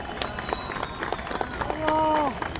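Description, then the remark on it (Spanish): A crowd at an SME national strike rally in Mexico applauds federal and local deputies, with brisk, uneven clapping throughout, and a drawn-out voiced cry rises briefly over the claps near the end. “Démosles un fuerte aplauso a nuestros compañeros que también están aquí.”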